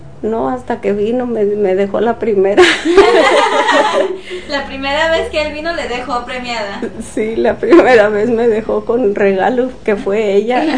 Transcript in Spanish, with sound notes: No, hasta que vino me dejó la primera. (risas)
¿La primera vez que él vino le dejó premiada?
Sí, la primera me dejó con regalo, que fue ella.